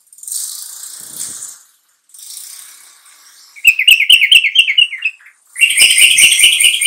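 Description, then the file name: Bulbul song: a quick burst of rapid, repeated chattering notes, then a dense fast run, with hissy high rustling in the first few seconds. "suara kutilang trucukan"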